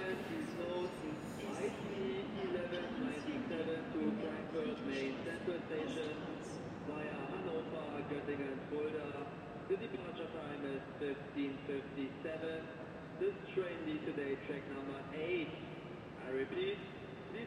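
Crowd chatter fills Berlin Hauptbahnhof, many voices overlapping into a steady murmur with a few men's voices standing out now and then. A low rumble runs underneath throughout, and occasional brief clinks and clatters rise above the talk.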